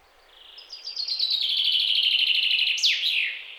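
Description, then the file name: Common chaffinch song, a cascading series of quick, ringing notes falling gradually, closed by a loud slurred terminal flourish; soft low thumps and light background noise. "Fringilla coelebs"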